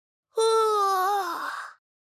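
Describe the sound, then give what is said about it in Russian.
A tired young boy gives one loud, drawn-out yawn, a voiced "aaah" held steady for over a second before the tone bends and trails off into a breathy sigh. “Он громко зевает.”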